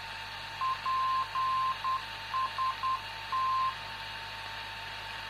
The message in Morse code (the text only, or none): PST